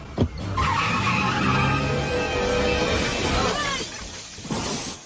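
A car driven badly by the cartoon character Alceu: its tires squeal in a long, wavering high-pitched skid lasting several seconds over a rumbling engine, then fade out before a brief final jolt of noise.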